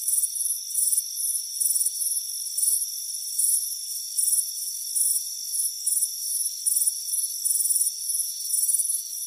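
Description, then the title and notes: Crickets chirping in high, pulsed bursts, roughly two per second, over steady high-pitched insect trilling with no low sounds beneath. "Soothing Crickets Chirping Sound. It's a warm afternoon as you relax in a hammock on the front porch. Relax and fall asleep to the soothing sound of chirping crickets. Deep Sleep Sounds"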